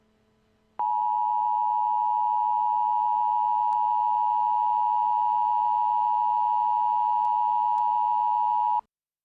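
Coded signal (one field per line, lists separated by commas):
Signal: Emergency Alert System (SAME) tones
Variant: 853 and 960 Hz attention tone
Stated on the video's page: Mock EAS alert, a simulated scenario, not a real activation.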